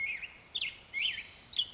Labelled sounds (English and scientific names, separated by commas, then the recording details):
Black-headed Grosbeak (Pheucticus melanocephalus)
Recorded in Sonoma County, California